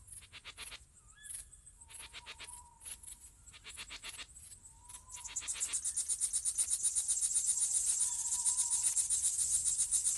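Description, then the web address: Cricket: insect chirping starts sparse and broken, then swells into a dense continuous high pulsing chorus, with occasional soft whistled notes underneath. Summer night ambience. "sonniss gdc audio. crickets owls summer night"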